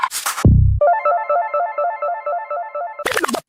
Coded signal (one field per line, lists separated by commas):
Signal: none